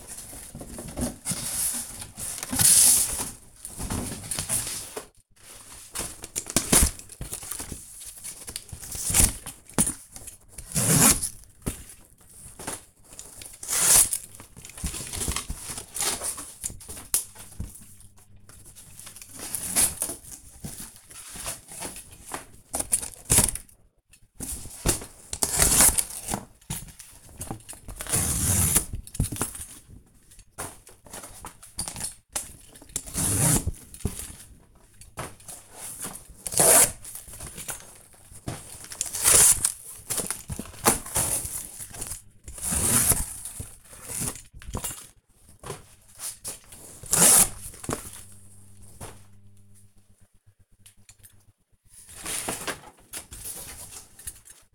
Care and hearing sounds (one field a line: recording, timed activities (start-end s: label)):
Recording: household activities, microphone on the right wrist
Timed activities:
0.00-54.75 s: cutting cardboard